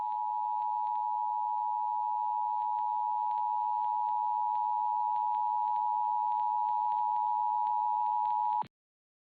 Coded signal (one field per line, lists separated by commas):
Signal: Emergency Alert System (SAME) tones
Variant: 853 and 960 Hz attention tone